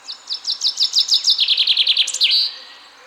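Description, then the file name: Common chaffinch song: a cascade of crisp repeated notes drops in pitch to a faster trill and closes with a sharp terminal flourish. "Fringilla coelebs"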